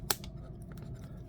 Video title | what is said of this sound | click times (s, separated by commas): Review and unboxing of Voltron Mini Action Voltron Vehicle Force set | do you hear the click | 0.1 s